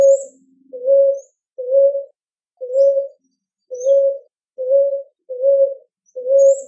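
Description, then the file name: Ruddy ground dove giving low, even coos, eight notes at slightly uneven spacing, with a few faint high chirps from another bird in the background. "Rolinha roxa"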